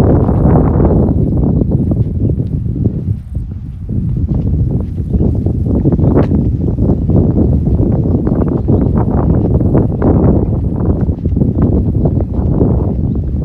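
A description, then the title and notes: A walk through a city park, dominated by a dense, steady low rumble like wind or traffic. Short crisp taps, likely footsteps, recur irregularly throughout. The level stays even, with a brief softer moment around three seconds. City Park Sounds. Walking In Modiin, Israel.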